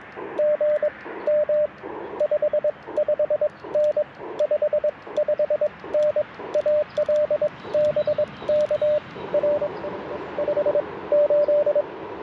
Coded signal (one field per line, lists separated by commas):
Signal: Morse code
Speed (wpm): 22 wpm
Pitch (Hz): 590 Hz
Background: radio noise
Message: GM 55N 55N AL BK R 58